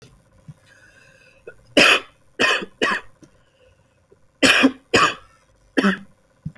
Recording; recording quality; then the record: heavy voluntary cough; excellent, no background noise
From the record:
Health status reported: healthy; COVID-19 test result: not tested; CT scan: not taken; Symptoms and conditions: cough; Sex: male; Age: 28 years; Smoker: no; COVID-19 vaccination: none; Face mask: not worn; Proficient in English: yes